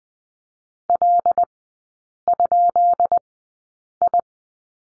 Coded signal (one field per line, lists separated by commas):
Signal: Morse code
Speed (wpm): 20 wpm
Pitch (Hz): 700 Hz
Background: none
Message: L?I